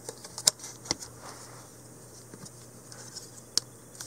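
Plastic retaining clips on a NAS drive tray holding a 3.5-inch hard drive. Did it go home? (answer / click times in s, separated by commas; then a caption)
yes / 0.5 s, 3.6 s. The plastic side retaining clips of a tool-less Synology NAS drive tray are pressed onto a 3.5-inch Western Digital Red hard drive. Sharp plastic snaps ring out at 0.5 s and 3.6 s, with a smaller snap near 0.9 s, over faint rustling handling. The clips are snapped in and the drive is seated in the tray.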